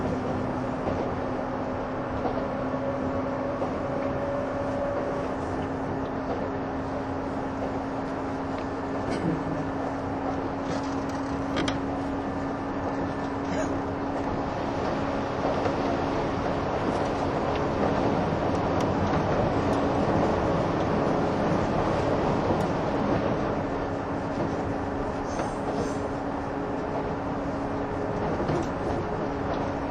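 Running sound aboard a 185 series train on the Odoriko 106 service: a steady, dense rumble of wheels and motor fills the whole stretch without pause. A low, constant hum sits underneath, and faint clicks and rattles come through now and then, a little louder around twenty seconds.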